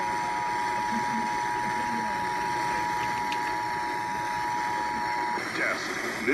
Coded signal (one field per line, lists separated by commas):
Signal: Emergency Alert System (SAME) tones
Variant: 853 and 960 Hz attention tone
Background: speech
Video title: PA Required Monthly Test (1/24/19)